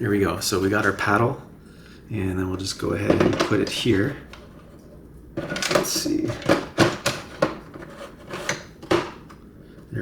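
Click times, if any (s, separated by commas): 8.9 s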